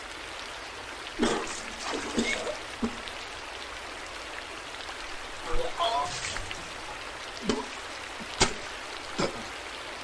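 Puking sounds: short wet splashes and gurgling retches break through a steady hiss, with a busier cluster around the middle and a few throaty, voiced bits near six seconds. Single sharp spatters follow later, roughly every second toward the end.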